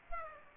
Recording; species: mosquito wingbeat signal from an infrared sensor; Aedes aegypti